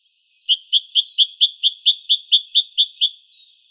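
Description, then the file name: Great tit call: a brisk string of many clear, high, two-part notes repeated evenly, then a faint trailing note. "Parus major"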